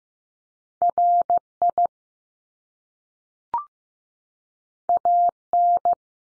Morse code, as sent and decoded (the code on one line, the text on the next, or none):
.-. / .. / .- / -.
R I A N